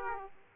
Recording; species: mosquito wingbeat signal from an infrared sensor; Aedes aegypti